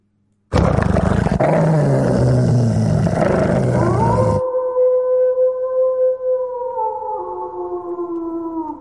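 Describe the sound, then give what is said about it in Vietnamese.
A dog lets out a loud, rough growl for several seconds, then breaks into a long, sustained howl with steady tones that waver and slowly fade. “con chó đàn hoàng của Mã Chiêu Tuyết đột nhiên gầm gừ, rồi hú lên một tiếng”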